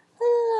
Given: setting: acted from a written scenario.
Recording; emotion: vocal sound without words; romantic love